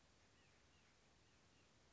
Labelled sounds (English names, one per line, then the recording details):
White-breasted Nuthatch
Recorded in Sonoma County, California